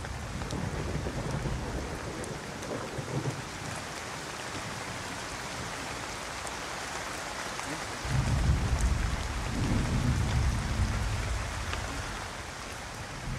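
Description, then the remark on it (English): Steady hissing rain pours throughout, and about two-thirds of the way in a deep, rolling rumble of thunder swells up and lingers beneath the downpour. “That doesn't sound like a storm. Start it again. Turn it up loud.”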